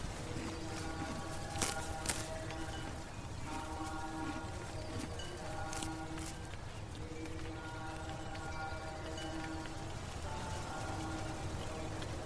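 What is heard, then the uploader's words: A Buddhist mountain temple ambience: a dense, steady wash of hiss like rain runs throughout, over a low rumble. Held tones layered at several pitches, like chanting voices or ringing bowls, rise and fade, while sharp clicks or taps cut in near two and six seconds. Buddhist mountain temple ambience. Water droplets/sprey on leaf.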